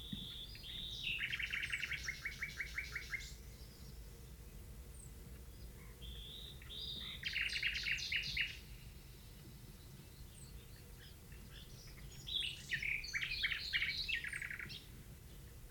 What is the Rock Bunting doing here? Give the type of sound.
call